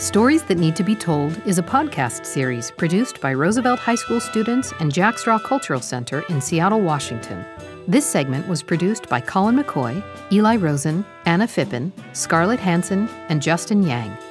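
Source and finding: Adult narrator. Normal speech.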